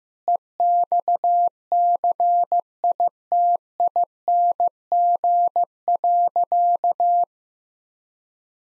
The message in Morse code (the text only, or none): EXCITING.